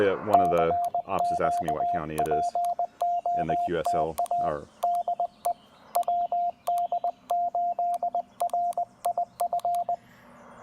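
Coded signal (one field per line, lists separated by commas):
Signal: Morse code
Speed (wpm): 20 wpm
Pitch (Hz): 700 Hz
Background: speech, radio noise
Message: CQ POTA DE WD8RIF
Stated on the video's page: CW POTA activation at Lake Alma with a Penntek TR-45L, CW paddles, battery power and a homebrew 40 m EFHW antenna.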